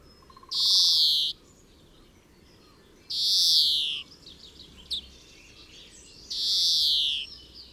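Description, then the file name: European greenfinch repeating a long buzzy wheeze three times, roughly every three seconds, with faint short chirps between the calls. "Chloris chloris"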